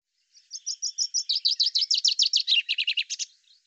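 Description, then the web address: Common chaffinch song: a short run of high, even notes, then a faster series of buzzy downward-sweeping notes that steps lower in pitch before stopping abruptly. "Deverinetal 2025 File cleaned normalized Bird Fr Co"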